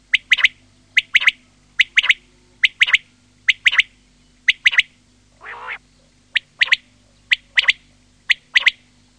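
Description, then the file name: Common Quail giving crisp triple-note phrases at a quick steady pace, broken once by a harsh, nasal rasping call; low hum underneath. Filtered audio. "QUAGLIA"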